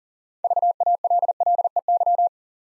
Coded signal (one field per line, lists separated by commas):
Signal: Morse code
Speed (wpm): 42 wpm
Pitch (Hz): 700 Hz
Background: none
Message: VALLEY